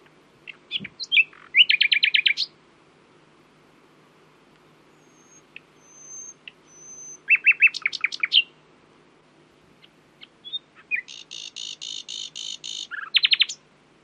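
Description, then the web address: Common nightingale song in three bursts: rapid rattling trills and harsh chattering notes separated by pauses, with a few thin high whistles in between. "owen Common Nightingale (Luscinia megarhynchos)"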